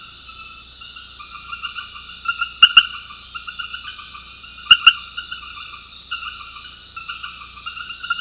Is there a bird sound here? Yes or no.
no